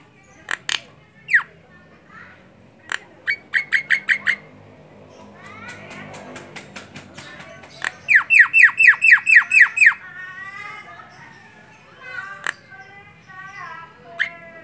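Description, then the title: Javan myna song: scattered sharp notes and short runs of quick metallic notes over a background hum, with a brief midway patch of noise. Singing; the local term for the song style is ngoceh. "Jalak Kebo Ngoceh"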